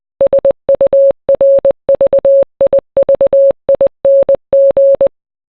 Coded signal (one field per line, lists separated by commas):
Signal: Morse code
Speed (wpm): 20 wpm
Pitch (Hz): 550 Hz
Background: none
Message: SURVIVING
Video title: Kanye West - Power (MORSE CODE VERSION)